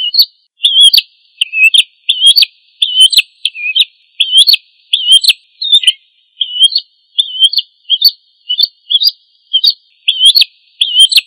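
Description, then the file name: Prinia singing a steady series of sharp, high chirped phrases, each short and twisting, repeated more than once a second with little else audible. "prenjak agroburung"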